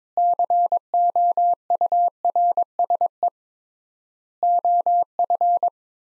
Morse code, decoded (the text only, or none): COURSE OF